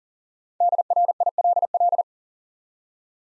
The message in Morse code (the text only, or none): DRILL